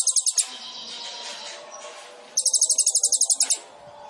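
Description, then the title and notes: Sunbird song: two bursts of rapid, very high chattering trill, separated by a quieter gap. Indonesian masteran training recording for songbirds; bird in full song (gacor), with full fills (isian) and showy bursts (tembakan), described as suitable as a lure (pancingan). "MASTERAN KOLIBRI NINJA TERBAIK FULL ISIAN DAN TEMBAKAN MEWAH COCOK BUAT PANCINGAN. Suara Burung Kolibri Ninja Gacor"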